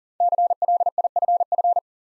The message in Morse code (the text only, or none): CLIFF